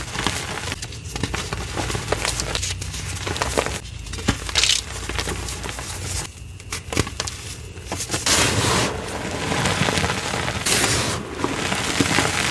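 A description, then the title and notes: Soap flakes and chalky powder are poured and crushed, giving a dense, grainy crinkle and crunch that runs almost without a break. Brief quieter gaps around one, four and six seconds punctuate the pouring, and sharper crumbly crackles stand out near the end. Pouring Zote flakes, crushing dusty Zote gym chalk reforms, super dusty powder play. Zote Flakes Dump, ASMR Gym Chalk Reforms + Dusty Powder.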